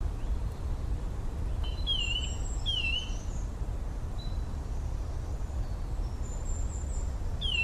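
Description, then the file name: Eurasian nuthatch calls: a pair of sharp downslurred whistles, a lone one at the end, and thin high notes between, set against a steady low-frequency rumble. "Sitta europaea"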